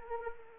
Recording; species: mosquito wingbeat signal from an infrared sensor; Anopheles arabiensis